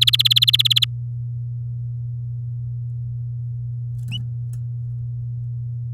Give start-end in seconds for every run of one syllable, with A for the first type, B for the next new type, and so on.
0.00-0.85 A